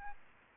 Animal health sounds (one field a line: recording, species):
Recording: mosquito wingbeat signal from an infrared sensor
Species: Aedes albopictus